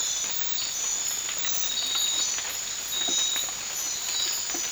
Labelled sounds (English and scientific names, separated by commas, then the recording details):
none
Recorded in dense forest near Puerto Asís, Putumayo, Colombia, on 12 March 2025 at 00:00
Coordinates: 0.500, -76.322
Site GP06